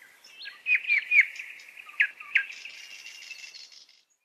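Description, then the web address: Nightingale song phrase of quick looping whistles and sharp notes, ending in a dry rattling trill that fades out. "Голоса птиц Соловей"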